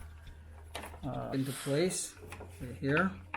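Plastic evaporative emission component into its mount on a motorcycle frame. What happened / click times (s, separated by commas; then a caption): A plastic part is being positioned but has not snapped home yet / none. During reassembly after a Coolflow fan kit install on a 2020 Harley-Davidson Road King Special, a plastic evaporative emission component for California models is handled and placed toward its mount on the motorcycle frame. A brief handling knock is heard at about 0.8 s while someone talks. Nothing has seated or clicked yet.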